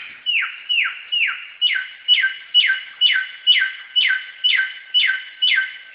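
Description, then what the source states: Samyong song: a regular sequence of about twelve sharply descending whistled notes, around two each second. Recorded in forest.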